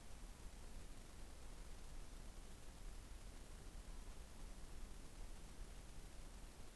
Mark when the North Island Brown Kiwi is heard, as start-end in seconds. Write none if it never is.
none